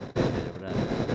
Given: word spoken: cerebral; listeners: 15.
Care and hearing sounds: one Spanish word in noise, from a listening test; noise modulated by one talker; -11.1 dB; 0 of 15; 12 of 15; 0.75 s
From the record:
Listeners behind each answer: 12, 1, 1, 1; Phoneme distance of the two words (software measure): 20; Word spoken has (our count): 3 syllables, 8 phonemes, stress on syllable 3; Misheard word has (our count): 3 syllables, 8 phonemes, stress on syllable 3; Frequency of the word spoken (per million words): 16.78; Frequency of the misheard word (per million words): 23.64

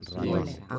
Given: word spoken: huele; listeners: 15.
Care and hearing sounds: one Spanish word in noise, from a listening test; four-talker babble; -1.4 dB; 1 of 15; 6 of 15; 0.39 s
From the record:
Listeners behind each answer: 6, 1, 1, 1, 1, 1, 1, 1, 1, 1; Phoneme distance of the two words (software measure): 7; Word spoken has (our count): 2 syllables, 4 phonemes, stress on syllable 1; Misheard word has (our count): 2 syllables, 5 phonemes, stress on syllable 1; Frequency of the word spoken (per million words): 8.73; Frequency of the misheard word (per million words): 13.07

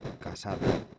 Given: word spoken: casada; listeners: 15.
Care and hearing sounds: one Spanish word in noise, from a listening test; noise modulated by one talker; -7.7 dB; 0 of 15; 15 of 15; 0.59 s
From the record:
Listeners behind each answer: 15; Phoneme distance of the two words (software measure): 10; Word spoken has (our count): 3 syllables, 6 phonemes, stress on syllable 2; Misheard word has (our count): 3 syllables, 6 phonemes, stress on syllable 2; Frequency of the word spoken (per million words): 10.99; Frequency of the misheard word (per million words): 21.95

